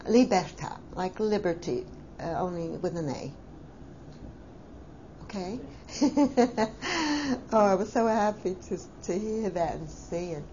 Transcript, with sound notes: Liberta, like Liberty, only with an A. Okay? (she laughs) Oh, I was so happy to hear that and see it.